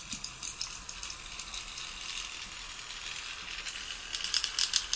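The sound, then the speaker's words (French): A dragonfly's wings crackling in flight, recorded with a boom pole: a dry, rapid rattling texture with quick bursts of clicks, strongest at the start and end, over a faint steady hiss with no voices. “Ça, c'est le vrai vol de libellule. C'est vraiment les ailes qui crépitent.”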